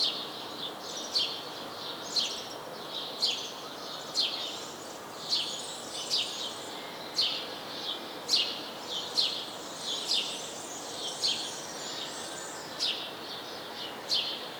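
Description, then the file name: House sparrow chirping, short high notes repeated throughout. "Passer domesticus"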